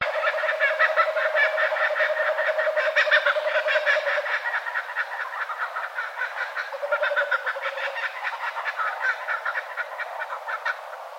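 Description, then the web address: Kookaburras calling together in rapid, overlapping cackling bursts throughout, with a steadier lower tone underneath for the first few seconds and again briefly later. A group of kookaburras calling together. "Sound Effects-Foundation 1 BIRD KOOKABURRA GROUP"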